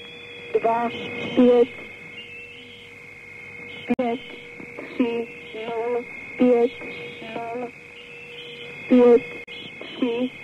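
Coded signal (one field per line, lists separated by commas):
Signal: numbers station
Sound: short spoken words at fairly even intervals over steady whining tones and radio hiss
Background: radio static, steady tones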